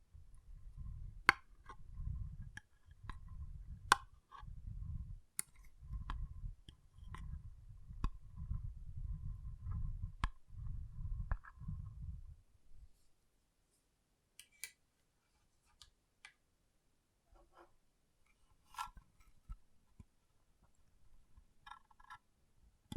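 Water beads are squished and stirred in a steady rhythm of soft, low, muffled pulses, about one per second, for the first twelve seconds. Sharp little clicks and ticks break through now and then. After that the handling stops, leaving near silence with scattered faint taps.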